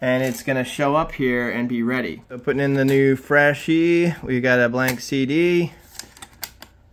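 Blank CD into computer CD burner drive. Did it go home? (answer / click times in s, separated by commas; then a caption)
yes / 6.4 s. A blank CD is put into a computer's CD burner drive while someone talks. After the talking stops, a few small clicks and rattles are heard, with the tray or disc clicking in at 6.4 s, seating it.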